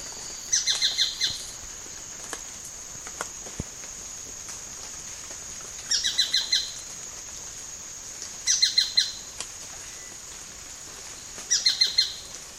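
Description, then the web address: Tacarcuna tapaculo: short bursts of four or five crisp, rapid notes, repeated four times at irregular intervals over soft background hiss. "sound Tacarcuna-tapaculo. دانلود-صدای-پرنده-تپلک-پانامایی"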